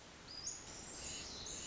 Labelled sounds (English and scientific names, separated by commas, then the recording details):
Pacific Wren (Troglodytes pacificus)
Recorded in Sonoma County, California